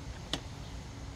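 The kickstarter lever on the steel splined kickstart shaft of a 1985 XR80R dirt bike engine is worked, and the lever slips on the stripped splines with a single sharp metallic snap at 0.3 s instead of engaging. The kickstarter is stripped and does not engage.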